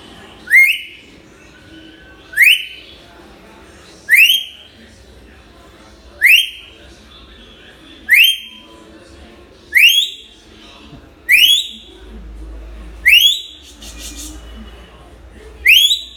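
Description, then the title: Hill myna whistles, a loud sharply rising whistle repeated nine times at roughly two-second intervals, steady and insistent. Tutor recording of a vocal hill myna used for training other birds to sing. "Suara Burung Beo Gacor Cocok Untuk Masteran"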